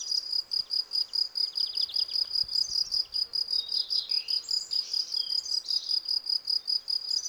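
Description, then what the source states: Field cricket chirping in regular, bright pulses roughly two and a half per second, unbroken throughout, while soft birdsong twitters behind it. Field crickets singing in a garden lawn, Val Maravel, 18 April 2020, for three days; fresh new wings give clear stridulation; Nagra Seven and cardioid MKH40 microphone.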